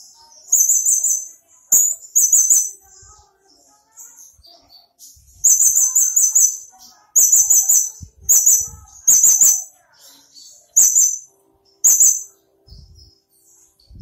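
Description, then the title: Small bird calling in repeated bursts of high, sharp, stuttering chirps with short silences between them. "Burung Kecil"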